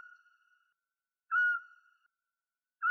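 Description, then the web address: Eurasian scops owl call: short, pure whistled notes on one steady pitch, repeated about every one and a half seconds, each trailing off into a soft fading tail; otherwise quiet. "Otus scops"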